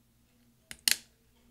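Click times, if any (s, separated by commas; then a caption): 0.7 s, 0.9 s. A replacement up arrow key cap for a 13" MacBook Pro Unibody Core 2 Duo 2.26 GHz is pressed down onto its plastic hinge on the keyboard. Sharp plastic clicks come at 0.7 s and 0.9 s, with a fainter tick around 0.8 s, over a steady low hum. The key cap snaps into place and is seated on the hinge.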